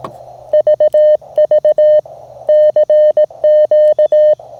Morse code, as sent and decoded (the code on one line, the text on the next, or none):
...- ...- / -.-. --.-
VV CQ